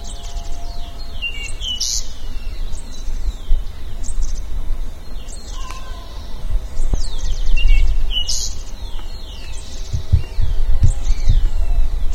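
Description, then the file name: Bird calls, many high chirps and down-slurred whistles in quick succession, with steady low rumbling noise underneath. "SABIOD 50 bird 2015"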